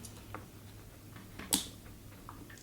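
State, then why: Seated. A metal top cap is fitted onto a Hellfire Maverick RDA rebuildable vape atomizer by AttySmith, after its airflow insert was screwed clockwise as far as it goes, then turned on the body, which seals with a single very thin O-ring. A few faint ticks and handling sounds lead up to one sharp, bright snap at 1.5 s. The cap is seated in place and the airflow is now fully open.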